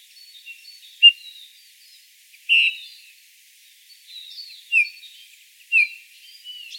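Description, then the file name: Eurasian bullfinch with four mellow, downward-sliding whistled call notes, unevenly spaced, amid light high-pitched chirps from other birds. "Pyrrhula pyrrhula"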